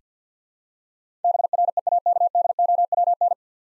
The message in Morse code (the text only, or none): BREAKDOWN